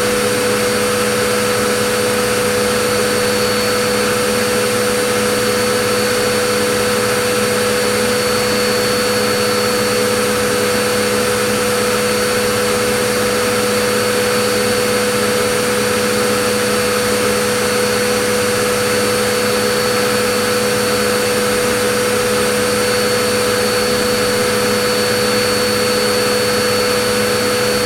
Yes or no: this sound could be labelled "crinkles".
no